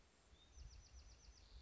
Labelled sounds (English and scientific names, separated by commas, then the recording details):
Bewick's Wren (Thryomanes bewickii)
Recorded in Sonoma County, California